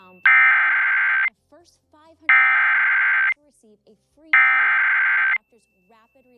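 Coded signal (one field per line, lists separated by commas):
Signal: Emergency Alert System (SAME) tones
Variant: header bursts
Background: speech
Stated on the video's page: NOAA Weather Radio received on a Reecom R-1630 weather radio recorded with a Zoom H1; TV relay captured from a Dish Network DVR receiver.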